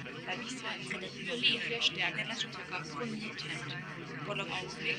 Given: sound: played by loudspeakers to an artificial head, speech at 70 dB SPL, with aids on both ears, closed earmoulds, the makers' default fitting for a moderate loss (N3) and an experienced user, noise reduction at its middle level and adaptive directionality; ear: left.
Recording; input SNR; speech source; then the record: speech test signal (ISTS) in cocktail-party noise; -6 dB; in front (0 degrees)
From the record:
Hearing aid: class 2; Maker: F